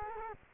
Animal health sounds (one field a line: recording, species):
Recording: mosquito wingbeat signal from an infrared sensor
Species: Culex quinquefasciatus